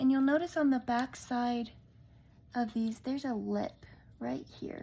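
Someone talks while handling a 3D printed plastic lollipop stencil piece next to the lip on the back side of the stencil base, where it presses over so it fits snugly and snaps when it is in the right spot. Nothing has seated or clicked yet; only speech is heard, with quiet pauses between phrases.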